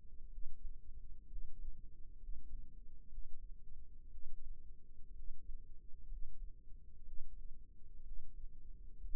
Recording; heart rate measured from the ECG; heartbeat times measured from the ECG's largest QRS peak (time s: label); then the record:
heart sounds by microphone in the right ear; 62 bpm
0.29 s: heartbeat
1.27 s: heartbeat
2.19 s: heartbeat
3.08 s: heartbeat
4.09 s: heartbeat
5.14 s: heartbeat
6.08 s: heartbeat
7.04 s: heartbeat
8.02 s: heartbeat
8.99 s: heartbeat
From the record:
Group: healthy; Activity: rest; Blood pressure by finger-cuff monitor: 93/60 mmHg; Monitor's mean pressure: 72 mmHg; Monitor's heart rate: 63 bpm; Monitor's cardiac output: 5.5 L/min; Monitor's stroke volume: 88 mL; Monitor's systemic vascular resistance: 960 dyn s/cm5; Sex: male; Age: 22 years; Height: 181 cm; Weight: 79 kg